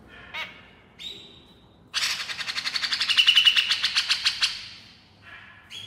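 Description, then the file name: Grey-cheeked bulbul: a few short squeaky notes, then a rapid harsh pulsed chatter that swells and fades. Female bird; described as gacor, actively and energetically vocalising. "suara cucak jenggot betina gacor"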